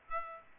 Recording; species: mosquito wingbeat signal from an infrared sensor; Aedes aegypti